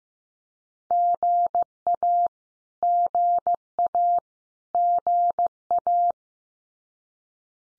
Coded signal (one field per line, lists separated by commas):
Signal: Morse code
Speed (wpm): 15 wpm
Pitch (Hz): 700 Hz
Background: none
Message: GA GA GA